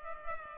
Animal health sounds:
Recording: mosquito wingbeat signal from an infrared sensor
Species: Culex pipiens

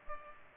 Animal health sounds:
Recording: mosquito wingbeat signal from an infrared sensor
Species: Culex pipiens

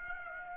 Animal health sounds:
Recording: mosquito wingbeat signal from an infrared sensor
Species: Aedes aegypti

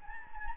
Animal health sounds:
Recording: mosquito wingbeat signal from an infrared sensor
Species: Anopheles gambiae

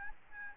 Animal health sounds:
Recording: mosquito wingbeat signal from an infrared sensor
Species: Aedes albopictus

